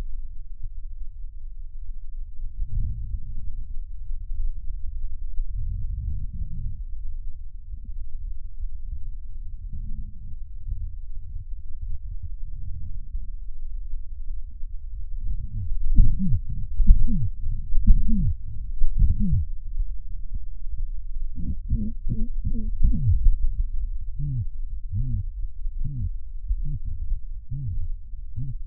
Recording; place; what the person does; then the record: lung sounds by stethoscope; left posterior apical chest; quiet breathing, then cough and speech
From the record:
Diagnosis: COPD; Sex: male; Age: 70 years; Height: 170 cm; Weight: 74 kg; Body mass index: 25.6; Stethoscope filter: bell mode